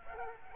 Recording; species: mosquito wingbeat signal from an infrared sensor; Aedes aegypti